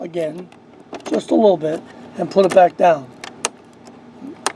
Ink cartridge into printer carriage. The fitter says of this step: you go make sure you hear that clicking that is important